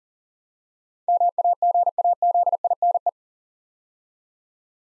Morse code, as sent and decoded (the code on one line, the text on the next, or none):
-- .- --. .- --.. .. -. .
MAGAZINE